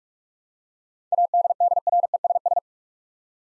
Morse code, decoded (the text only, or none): ADDRESS